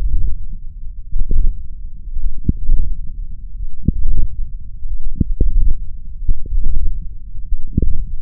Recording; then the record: forearm muscle sounds (acoustic myography)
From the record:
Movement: wrist flexion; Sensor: system 1, eight BSWA MPA416 microphones around the upper forearm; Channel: 8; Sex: male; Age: 21 years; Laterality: right